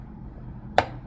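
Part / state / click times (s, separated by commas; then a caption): phone display clip in the phone frame / released / 0.8 s. A pry tool is twisted to open the glued display of an iPhone 14 Pro Max smartphone. At 0.8 s, a single sharp click is heard as a clip on one side of the screen lets go in the phone frame. The display clip pops loose, and there is low steady background noise before and after.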